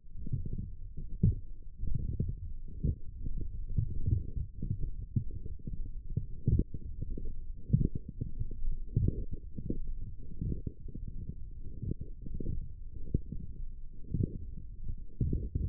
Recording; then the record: forearm muscle sounds (acoustic myography)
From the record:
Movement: forearm supination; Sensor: system 1, eight BSWA MPA416 microphones around the upper forearm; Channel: 7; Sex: male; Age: 21 years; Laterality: right